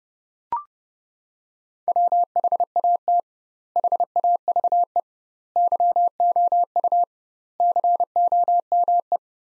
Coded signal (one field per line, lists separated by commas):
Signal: Morse code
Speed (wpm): 30 wpm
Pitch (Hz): 700 Hz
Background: none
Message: WHAT HAVE YOU COME